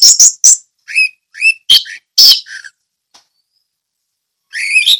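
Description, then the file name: Orange-headed thrush song: clipped harsh notes alternating with short buzzy whistles, a long pause, then a warble. Song in the ngeplong style. "anis merah ngeplong"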